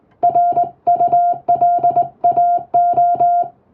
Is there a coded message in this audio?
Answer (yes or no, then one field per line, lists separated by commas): yes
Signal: Morse code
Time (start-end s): 0.2-3.4 s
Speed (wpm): 20 wpm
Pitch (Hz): 700 Hz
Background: music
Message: RULAO